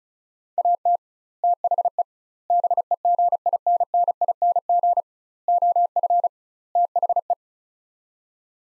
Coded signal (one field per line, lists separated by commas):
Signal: Morse code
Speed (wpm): 36 wpm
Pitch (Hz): 700 Hz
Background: none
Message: AT THE BEGINNING OF THE